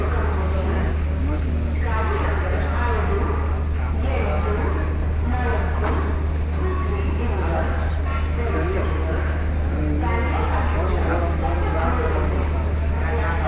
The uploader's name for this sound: Railway station : Bangalore City